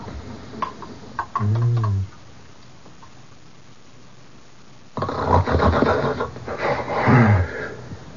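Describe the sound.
Moose calls: one drawn-out, tonal moan with clear harmonics, a quiet pause, then several harsher, noisy groaning calls with a falling tone near the end.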